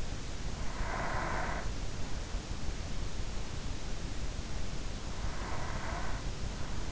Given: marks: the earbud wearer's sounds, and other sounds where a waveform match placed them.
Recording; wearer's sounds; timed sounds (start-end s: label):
sounds in sleep by an in-ear microphone; breath
0.29-2.19 s: breath
4.89-6.92 s: breath